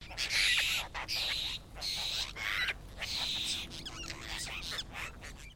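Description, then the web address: Apostlebirds calling as a group, with harsh, grating, scratchy notes overlapping in loud bursts, some rising or falling, throughout. "Sound Effects-Foundation. BIRD APOSTLE BIRD GROUP CALL"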